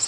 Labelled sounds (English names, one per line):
Bay-breasted Warbler flight call